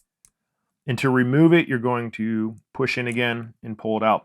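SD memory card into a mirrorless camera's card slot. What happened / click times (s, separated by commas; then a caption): A small memory card clicked into its spring-loaded slot / 0.2 s. SD memory cards are pushed into the dual card slot of a Sony A7 IV mirrorless camera, and a short, sharp click at 0.3 s shows a card seating. After a brief silence, someone talks from about 0.9 s to the end.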